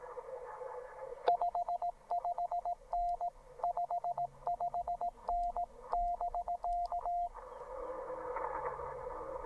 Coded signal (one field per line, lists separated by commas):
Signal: Morse code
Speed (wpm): 17 wpm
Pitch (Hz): 700 Hz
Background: radio noise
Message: 55N 55N<BK>